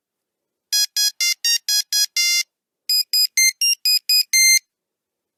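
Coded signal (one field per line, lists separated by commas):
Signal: none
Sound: phone ringtone melody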